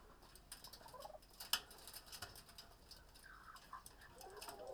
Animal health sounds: poultry house recording; healthy chickens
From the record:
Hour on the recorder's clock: 19

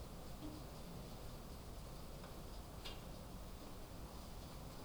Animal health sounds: poultry house recording; no chicken sound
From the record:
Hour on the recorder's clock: 21

